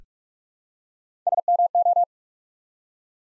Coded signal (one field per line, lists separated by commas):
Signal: Morse code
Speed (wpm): 44 wpm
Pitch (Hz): 700 Hz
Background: none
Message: SMO